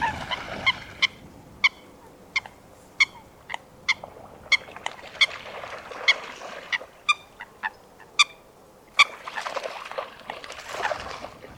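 Coot giving short, sharp, nasal call notes in a steady series, with a burst of rushing noise near the end.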